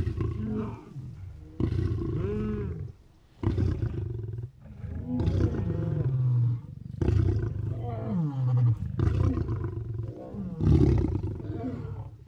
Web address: Animals Lions Snoring